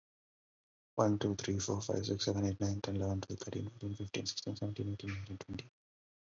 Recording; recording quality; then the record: counting at a fast pace; excellent, no background noise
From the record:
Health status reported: COVID-19 positive, mild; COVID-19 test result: positive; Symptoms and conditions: sore throat, fever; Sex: male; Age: 23 years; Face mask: not worn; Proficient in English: yes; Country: India